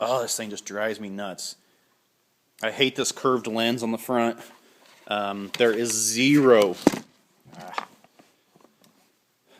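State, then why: Not seated. Someone talks while raising a Lincoln welding helmet's plastic shell, which has a curved front lens, on its pivot headgear. Faint plastic handling knocks are heard from about 8.0 to 8.8 s. Nothing catches or clicks because the pivot has no detent, so the helmet falls back down.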